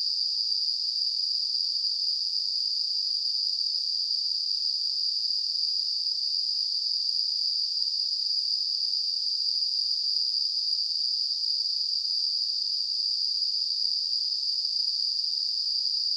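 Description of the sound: Simulated tinnitus: a steady, continuous high-pitched hiss concentrated in a narrow band around 5 kHz, holding a constant level throughout with no low-frequency content.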